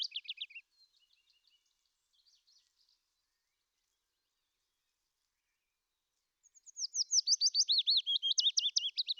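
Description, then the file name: Willow warbler song: brief whistled notes at the start, a long quiet gap, then a full sweet descending phrase of whistled notes to the end. "fitis"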